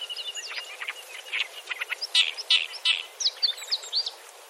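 Oriental reed warbler singing loud, rasping notes with squeaky interjections, delivered in quick, uneven bursts of harsh chatter throughout.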